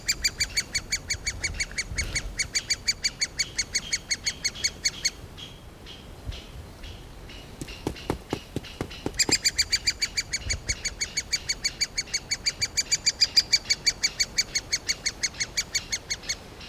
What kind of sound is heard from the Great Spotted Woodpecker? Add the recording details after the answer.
call. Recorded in the wild. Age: diverse. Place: Mühlenbecker Wald, Brandenburg, DE. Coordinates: 52.6833, 13.4. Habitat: forest. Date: 1988-06-04 11:44. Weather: bedeckt, 18-20°C, Wind. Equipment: Nagra SN, Kopie Tesla B 116. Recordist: Tembrock, Günter